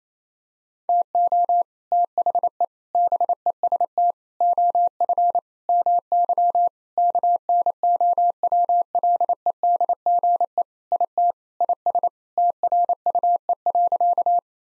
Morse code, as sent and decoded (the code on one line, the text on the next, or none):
- --- / - .... . / -... . ... - / --- ..-. / -- -.-- / -.- -. --- .-- .-.. . -.. --. . / .. - / .. ... / - .-. ..- . .-.-.-
TO THE BEST OF MY KNOWLEDGE IT IS TRUE.